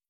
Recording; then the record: hydrophone in a shrimp aquaculture tank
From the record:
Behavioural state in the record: stressed